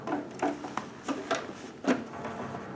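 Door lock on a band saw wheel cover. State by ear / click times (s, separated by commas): not seated / none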